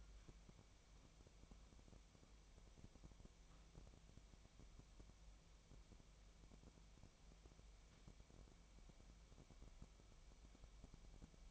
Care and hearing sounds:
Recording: daily activity, microphone in the room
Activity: wipe stove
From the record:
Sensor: 1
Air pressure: 1003.2 hPa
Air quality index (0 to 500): 198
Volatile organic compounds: 6 ppm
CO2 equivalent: 1895 ppm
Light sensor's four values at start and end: 11/26/11/13 and 11/26/11/13

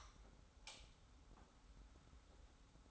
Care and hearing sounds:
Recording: daily activity, microphone in the room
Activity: light on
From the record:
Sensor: 3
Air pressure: 991.0 hPa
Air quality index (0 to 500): 113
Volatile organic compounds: 64 ppm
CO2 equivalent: 3457 ppm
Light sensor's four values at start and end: 36/84/34/32 and 38/93/38/35

